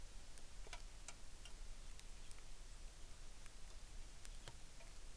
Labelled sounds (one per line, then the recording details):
rain
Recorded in the Arctic National Wildlife Refuge, Alaska, on 3 August 2019
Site 33